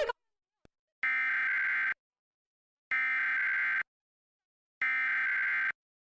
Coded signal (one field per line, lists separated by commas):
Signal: Emergency Alert System (SAME) tones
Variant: header bursts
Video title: Los Angeles Required Monthly Test (EAS #633-678) 7/25/23